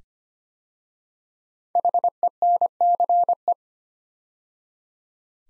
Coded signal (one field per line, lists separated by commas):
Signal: Morse code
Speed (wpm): 25 wpm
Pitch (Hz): 700 Hz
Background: none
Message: HENCE